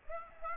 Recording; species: mosquito wingbeat signal from an infrared sensor; Aedes aegypti